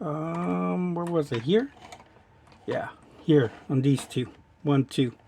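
Two plastic posts on a transforming toy robot figure are handled and lined up with their sockets while someone talks and counts, with a faint tap near 1.9 s. Nothing has seated or clicked yet.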